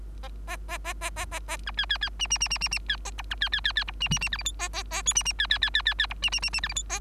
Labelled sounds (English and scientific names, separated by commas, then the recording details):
Bengalese Finch (Lonchura striata domestica) song
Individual Bird3